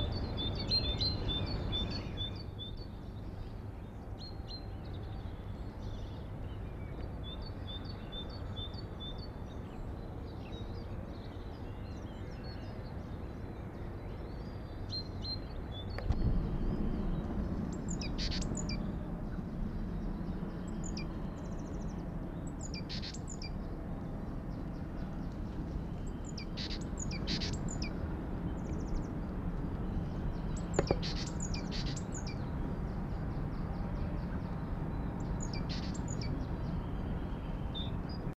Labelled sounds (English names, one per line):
Great Tit call